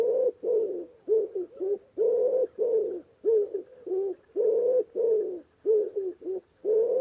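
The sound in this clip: Bird giving low, soft cooing notes, repeated steadily in paired and single coos with brief gaps, continuing throughout.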